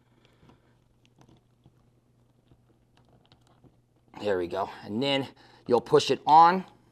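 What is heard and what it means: A field assembly connector cap is handled at the end of a LINAIRE Flex flexible LED linear strip light, making faint, soft handling ticks for about four seconds before someone talks. Nothing has snapped or seated yet; the clip ends just before the cap is pushed home.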